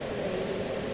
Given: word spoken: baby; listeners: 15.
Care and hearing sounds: one English word in noise, from a listening test; speech-shaped noise; -5.2 dB; 0 of 15; 6 of 15; 0.54 s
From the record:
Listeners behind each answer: 6, 2, 1, 1, 1, 1, 1, 1, 1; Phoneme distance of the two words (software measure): 20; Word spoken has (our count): 2 syllables, 4 phonemes, stress on syllable 1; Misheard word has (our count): 2 syllables, 4 phonemes, stress on syllable 1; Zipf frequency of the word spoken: 5.29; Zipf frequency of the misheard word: 5.15

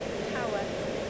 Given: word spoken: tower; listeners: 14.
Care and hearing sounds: one English word in noise, from a listening test; speech-shaped noise; -5.7 dB; 1 of 14; 11 of 14; 0.71 s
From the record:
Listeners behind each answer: 11, 1, 1, 1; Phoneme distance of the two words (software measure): 10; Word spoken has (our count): 2 syllables, 3 phonemes, stress on syllable 1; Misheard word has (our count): 2 syllables, 3 phonemes, stress on syllable 1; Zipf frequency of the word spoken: 4.50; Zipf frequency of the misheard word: 5.29

